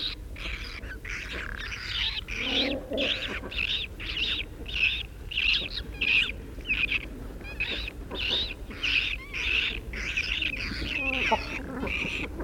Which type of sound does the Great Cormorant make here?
call